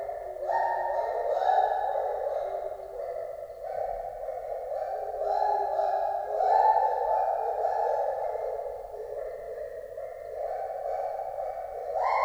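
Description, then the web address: White-handed gibbon song: a continuous series of long loud hooting notes, shifting up and down in pitch. Zoo gibbon at Debrecen Zoo, 2012, singing; recorded with a Marantz recorder and shotgun microphone. "allathangok debrecenizoo 2012 feherkezugibbon kienekles tucsok marantzpuska"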